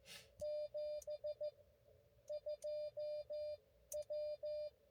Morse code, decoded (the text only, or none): 72 W